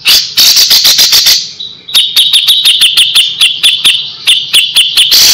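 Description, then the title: Grey-cheeked bulbul calls: strident, high notes repeated quickly, a short run followed by a longer steady series with a slight break in between. Masteran recording used to train other birds. "MASTERAN CUCAK JENGGOT"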